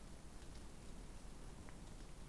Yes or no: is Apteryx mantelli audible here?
no